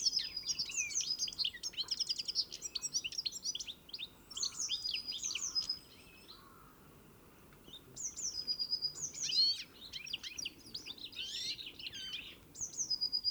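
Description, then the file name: European greenfinch with rapid high twitters and trills in two bursts broken by a quiet gap, soft lower chirps audible briefly in between. "Chloris chloris"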